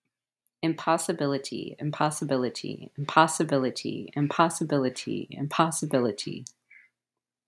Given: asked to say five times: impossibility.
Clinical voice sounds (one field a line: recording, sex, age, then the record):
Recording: repeated word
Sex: female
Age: 30 to 39 years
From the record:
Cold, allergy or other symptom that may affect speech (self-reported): no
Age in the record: 39 years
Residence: Minnesota, United States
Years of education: 18